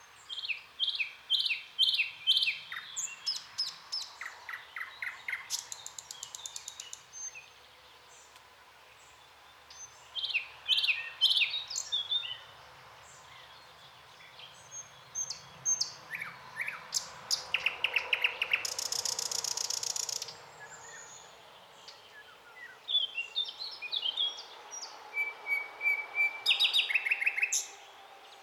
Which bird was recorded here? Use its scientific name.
Luscinia luscinia